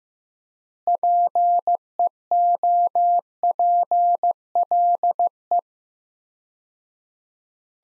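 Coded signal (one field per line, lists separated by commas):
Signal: Morse code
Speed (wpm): 15 wpm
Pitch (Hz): 700 Hz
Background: none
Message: PEOPLE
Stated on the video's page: Morse practice at 15 wpm: sentences from the top 300 words with 4x standard word spacing, a word-level analogue of Farnsworth spacing.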